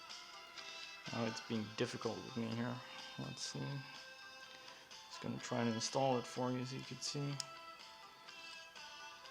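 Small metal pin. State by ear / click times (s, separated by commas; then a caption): not seated / none. Someone talks over background music while fitting the locking pin of a modified Ra Tech magazine release hex lock screw into the metal magazine catch of a Kimber Royal II airsoft pistol. Only faint handling sounds are heard under the voice and music, and nothing has seated or clicked yet.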